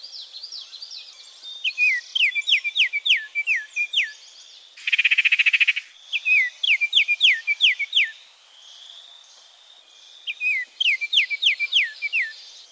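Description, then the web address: Baltimore oriole song: phrases of short, clear, hooked whistled notes repeated in quick series, interrupted once by a loud harsh buzzing rattle. "cotor. Baltimore Oriole"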